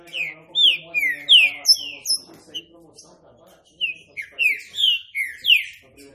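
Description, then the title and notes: Green-winged saltator song: two clusters of loud, clear whistles, each note gliding down, separated by a quieter gap with soft low sounds. Classic song style (canto clássico), used for training. "Canto Clássico Trinca Ferro TREINAMENTO. trinca fero"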